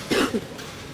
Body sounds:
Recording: coughing mixed with background sound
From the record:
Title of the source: 60 coughing still (deep and wet cough)

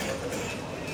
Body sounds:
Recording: coughing mixed with background sound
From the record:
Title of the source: Wet Throat Infection Cough

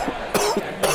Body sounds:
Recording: coughing mixed with background sound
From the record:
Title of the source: Coughing 79

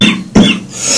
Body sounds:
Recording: coughing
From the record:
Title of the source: Spring Cold Coughing 3

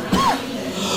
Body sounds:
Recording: coughing mixed with background sound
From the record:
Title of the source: Spring Allergy Coughing

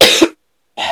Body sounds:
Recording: coughing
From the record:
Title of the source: 55 gaggy wet cough

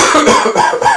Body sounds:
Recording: coughing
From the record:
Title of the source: Spring Cold Coughing 2

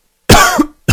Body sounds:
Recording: coughing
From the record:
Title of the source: Coughing 51

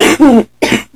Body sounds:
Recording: coughing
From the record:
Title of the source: 61 morning phlegmy cough...again

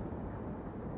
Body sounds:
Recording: background sound without coughing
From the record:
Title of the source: Train Ride Ambience ambient white noise for sleeping, focus, studying, reading

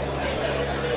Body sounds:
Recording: background sound without coughing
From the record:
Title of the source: CITY SOUNDS Busy Bar in the Evening Night - 2 HOURS of Ambiance for Relaxation

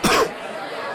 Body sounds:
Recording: coughing mixed with background sound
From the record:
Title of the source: Coughing 46

